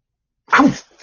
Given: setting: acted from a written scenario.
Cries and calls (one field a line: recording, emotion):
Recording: vocal sound without words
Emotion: pain